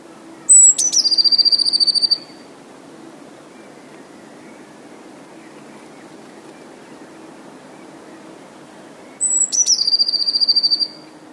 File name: blue tit